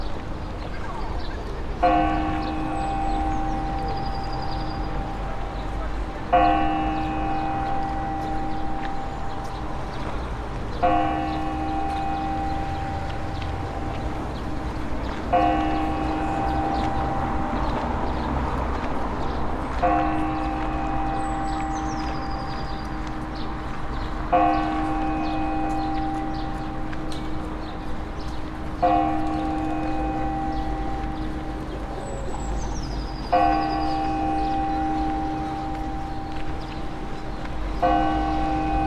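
At noon on a riverside boulevard, a bell tolls slowly and steadily, one ringing stroke about every four and a half seconds, each hum lingering into the next. A low traffic rumble runs underneath, with a few brief high bird chirps.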